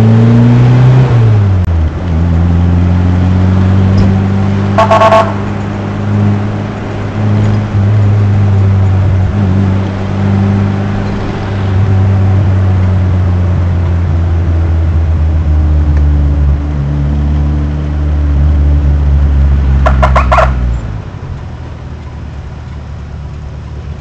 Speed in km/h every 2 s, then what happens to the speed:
37, 43, 50, 50, 55, 49, 48, 47, 33, 36, 32, 27.
0-8 speeds up to 55. 8-14 steady at about 48. 14-16 brakes to 33. 19-24 slows to 27.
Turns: 21-24.